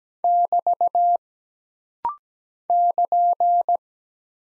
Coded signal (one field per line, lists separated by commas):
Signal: Morse code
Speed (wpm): 17 wpm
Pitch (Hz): 700 Hz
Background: none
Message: <BT> <KN>